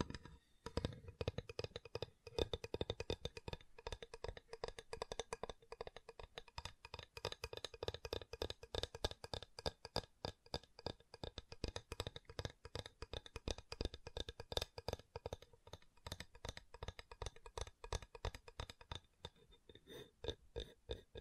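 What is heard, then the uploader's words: Wooden triggers: rapid, dense tapping and clicking on wood that runs for the whole stretch, with sharp taps arriving several times a second in uneven bursts. Low, soft thuds and brushing rub underneath, and the pace eases briefly around fifteen and twenty seconds. ASMR Calming Wood Triggers for Sleep (No Talking).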